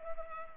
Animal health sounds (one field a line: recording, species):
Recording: mosquito wingbeat signal from an infrared sensor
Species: Culex pipiens